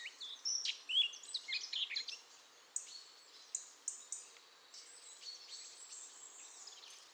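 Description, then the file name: Eurasian blackcap warbling song: quick varied high notes at the start, fading into sparser thin notes and a soft background hiss. "Sylvia atricapilla"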